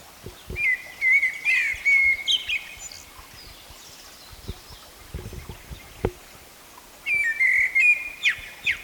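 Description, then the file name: Common blackbird singing a rich warble with twittering ends, then quiet with scattered clicks, then a second fluting phrase closing in high squeaks. "Turdus merula"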